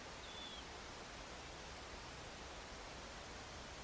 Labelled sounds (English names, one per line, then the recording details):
Dunlin
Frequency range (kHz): Dunlin 2.9-3.9 kHz
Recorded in France